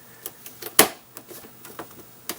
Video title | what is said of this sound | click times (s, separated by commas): LEGO City 2024 Space Science Lab 60439 Unboxing, Tour, & Review | Well, something's not locking in. | none